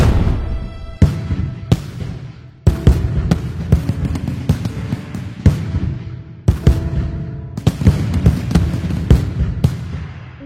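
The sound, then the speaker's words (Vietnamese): Firecrackers set off to welcome the spring new year crackle and bang in quick, irregular succession, sharp loud pops layered over a dense rumbling crackle that carries on without pause, with no voices. “Tiếng pháo chạo xuân nối đuôi nhau đùng đùng, toạch toạch.”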